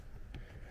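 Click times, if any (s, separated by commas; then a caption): 0.3 s. On an 11th-gen (2022-present) Honda Civic, the glove box damper arm's hook is reached behind and pulled up onto the rod on the left side of the glove box. A short click at 0.3 s stands out over a steady low rumble and locks the hook in place on the rod.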